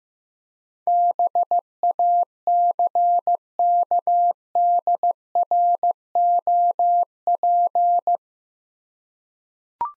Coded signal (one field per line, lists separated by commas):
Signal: Morse code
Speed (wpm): 15 wpm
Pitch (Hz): 700 Hz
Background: none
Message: BACKDROP